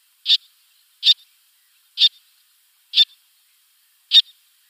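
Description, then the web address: Little tern calling with short, sharp, high kik notes, each with a faint soft echo note, repeated about once a second, five in all. "Schulze Peter Little Tern"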